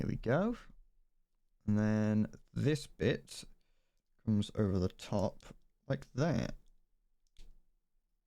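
Someone talks while a plastic cover piece on an HG Gundam Aerial model robot kit is brought over the top of the thigh and worked into place on the leg. Nothing has seated or clicked yet in this stretch.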